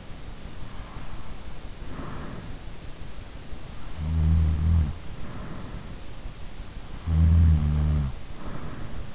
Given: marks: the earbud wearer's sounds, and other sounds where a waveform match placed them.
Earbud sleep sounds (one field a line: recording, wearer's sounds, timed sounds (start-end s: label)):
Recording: sounds in sleep by an in-ear microphone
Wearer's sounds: breath, snoring breath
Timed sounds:
0.56-2.43 s: breath
3.91-5.90 s: snoring breath
7.11-9.15 s: snoring breath